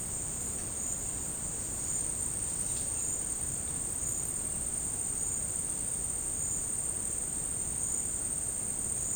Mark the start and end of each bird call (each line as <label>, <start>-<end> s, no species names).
bird call, 2.60-3.05 s